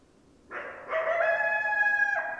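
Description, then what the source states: Coyote call: one drawn-out harmonic note that begins rough, then holds steady before dropping abruptly at the end. Coyotes, 10 December 2012.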